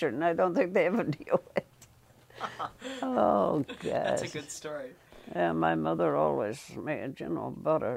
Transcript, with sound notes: I don't think they ever knew it. [Laugh]
That's a good story. [Laughs]
Yeah, my mother always made, you know, butter.